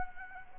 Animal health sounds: mosquito wingbeat signal from an infrared sensor; Culex quinquefasciatus

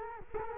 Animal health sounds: mosquito wingbeat signal from an infrared sensor; Culex quinquefasciatus

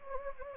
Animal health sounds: mosquito wingbeat signal from an infrared sensor; Anopheles gambiae

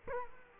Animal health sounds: mosquito wingbeat signal from an infrared sensor; Culex quinquefasciatus

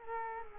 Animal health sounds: mosquito wingbeat signal from an infrared sensor; Culex quinquefasciatus

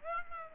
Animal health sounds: mosquito wingbeat signal from an infrared sensor; Aedes aegypti

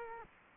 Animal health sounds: mosquito wingbeat signal from an infrared sensor; Culex quinquefasciatus

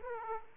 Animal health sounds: mosquito wingbeat signal from an infrared sensor; Aedes aegypti

